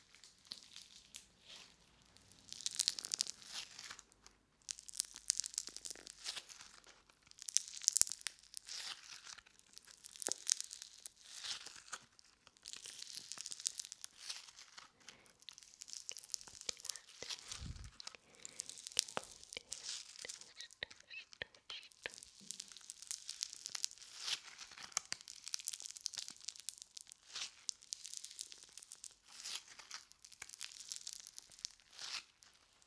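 Play foam is squished and pulled in a continuous run of bright, sticky crackles and crinkles, with a brief low thump near eighteen seconds.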